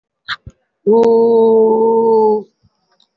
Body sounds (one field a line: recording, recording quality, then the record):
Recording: sustained vowel as in boot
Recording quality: excellent, no background noise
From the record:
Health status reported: COVID-19 positive, moderate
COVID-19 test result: positive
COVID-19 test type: RT-PCR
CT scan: taken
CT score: 2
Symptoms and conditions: breathing difficulty, another respiratory illness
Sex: female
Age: 78 years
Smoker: no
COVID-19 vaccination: one dose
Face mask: worn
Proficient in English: no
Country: India